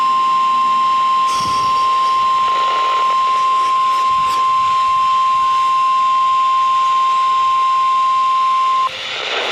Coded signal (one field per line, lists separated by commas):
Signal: Emergency Alert System (SAME) tones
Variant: 1050 Hz attention tone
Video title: The Sangamon Chronicles | EAS Alerts From 6/10-11/2026 (EAS #3,383- 3,456)